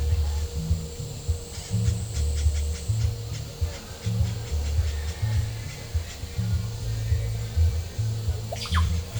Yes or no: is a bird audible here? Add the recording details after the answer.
no. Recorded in pastures near Puerto Asís, Putumayo, Colombia, on 22 December 2024 at 16:30. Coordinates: 0.497, -76.327. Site G088